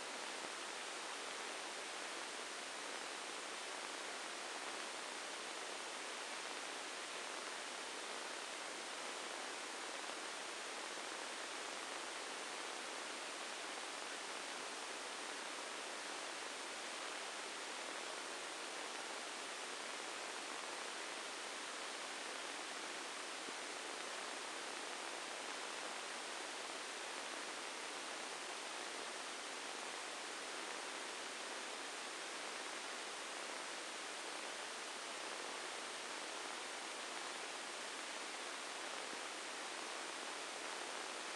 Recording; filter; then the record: brain microelectrode recording played as sound; spike band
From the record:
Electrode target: subthalamic nucleus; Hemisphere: right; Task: reaching with the left hand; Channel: 1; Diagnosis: Parkinson's disease